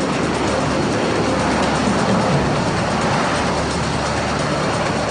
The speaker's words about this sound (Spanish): Los Raptor, cazas con tecnología furtiva, entran en la zona de peligro a una velocidad de 1.600 km hora, Mach 1.5. Son prácticamente invisibles para el radar enemigo.